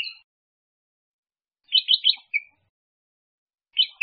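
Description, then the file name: Bulbul giving a brief liquid warbled phrase of three quick notes and a tail, then silence before another short phrase starts. "Tieng chao mao vang"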